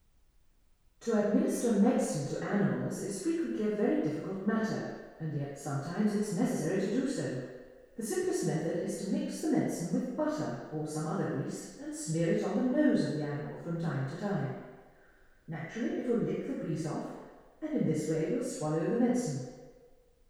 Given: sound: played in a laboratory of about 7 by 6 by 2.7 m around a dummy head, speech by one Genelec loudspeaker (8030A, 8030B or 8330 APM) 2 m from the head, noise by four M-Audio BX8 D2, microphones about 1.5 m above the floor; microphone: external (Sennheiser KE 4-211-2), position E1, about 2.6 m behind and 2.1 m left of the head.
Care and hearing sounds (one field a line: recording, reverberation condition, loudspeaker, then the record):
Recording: female speech in English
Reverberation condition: high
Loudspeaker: 150 degrees to the left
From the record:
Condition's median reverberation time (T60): about 1300 ms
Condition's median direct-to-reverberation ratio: about -4.0 dB